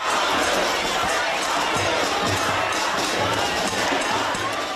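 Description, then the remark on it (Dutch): A loud, dense crowd commotion as police evict protesters at the University of Amsterdam, with overlapping shouting voices and agitated chatter, a continuous wall of noise with scattered bursts and thumps throughout. “En zoals u waarschijnlijk wel hoort, ging het er hier en daar stevig aan toe.”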